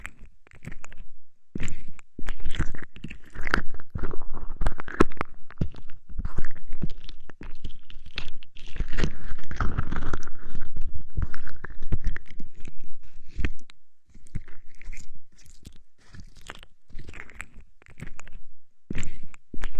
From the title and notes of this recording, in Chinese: 自制芦荟胶，按摩你的耳朵。